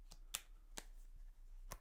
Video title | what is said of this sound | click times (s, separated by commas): SLIMMEST iPhone 15 Pro Case by TAC... Weighs ONLY 7G!! | so it snaps in | 0.4 s, 0.8 s, 1.7 s